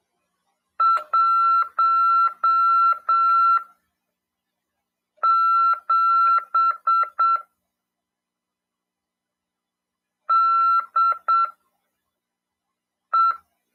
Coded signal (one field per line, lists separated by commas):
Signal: Morse code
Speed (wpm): 7 wpm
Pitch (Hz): 1350 Hz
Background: none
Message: 17 DE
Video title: RADIOAMADOR 2ªEd. 5/12/2022 "AULA 40: CW, LEGIS e C.RODADA" FM 146.410 Mhz. PY2EXU PAULO CRASP/RAF.